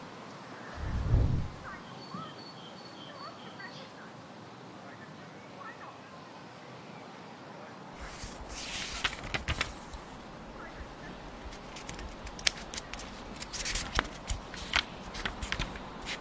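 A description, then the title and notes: A flying broom and an open book in a magical library. The first half is hushed, with a soft thump near the second second and faint high twinkling tones. From about eight seconds, papery rustles and crisp swishes arrive in dense, irregular bursts until the end. Flying broom, open book. The library full of magic.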